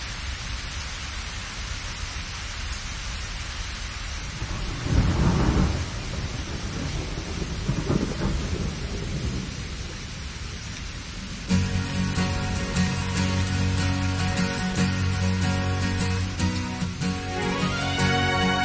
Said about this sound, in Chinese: 下雨了，看到大家嘛都在跑，啪啪啪啪啪